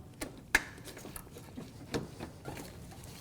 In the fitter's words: Do the same thing. Push until you hear a click. If you don't, give it a pull. Make sure it's locked on.